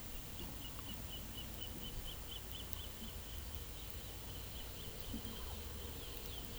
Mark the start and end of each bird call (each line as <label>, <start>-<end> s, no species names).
bird call, 0.28-3.17 s